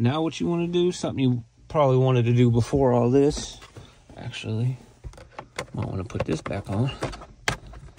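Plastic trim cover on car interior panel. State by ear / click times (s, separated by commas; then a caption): seated / 7.5 s. Someone talks while installing a comma 3 in a 2022 Bolt EUV Premier. After routing the harness, a plastic trim cover is pressed back onto a car interior panel, with light handling ticks around 5.1–5.6 s. One sharp snap at 7.5 s is heard as the trim cover seats back into place.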